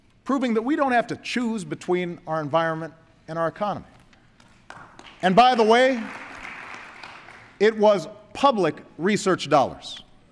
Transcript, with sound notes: proving that we don’t have to choose between our environment and our economy. (Applause.) And by the way, it was public research dollars,